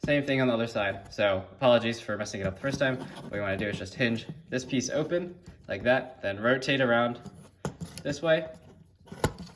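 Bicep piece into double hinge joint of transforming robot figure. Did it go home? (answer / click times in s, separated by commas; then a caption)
yes / 9.2 s, 9.4 s. Someone talks while the plastic hinge piece on the other side of a transforming robot figure is opened and rotated around, seating the bicep piece into its double hinge joint. Two clicks are heard at 9.3 s and 9.4 s as the bicep hinge clicks into place.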